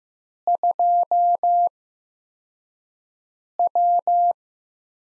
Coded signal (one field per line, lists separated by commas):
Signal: Morse code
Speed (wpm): 15 wpm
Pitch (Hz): 700 Hz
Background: none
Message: 2W